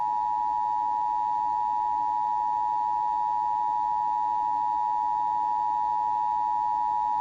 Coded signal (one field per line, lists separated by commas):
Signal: Emergency Alert System (SAME) tones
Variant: 853 and 960 Hz attention tone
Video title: A Night of Severe DXing- EAS Alerts from 6/15/2022 (EAS#533-561)